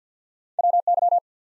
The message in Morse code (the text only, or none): WY